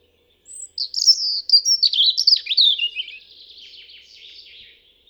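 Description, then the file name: European robin singing one phrase: a thin high opening whistle, then a rapid tumbling warble of sweet twittering notes that slides lower and fades into soft trailing notes. "Erithacus rubecula"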